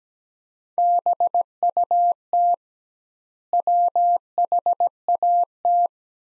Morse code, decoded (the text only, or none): BUT WHAT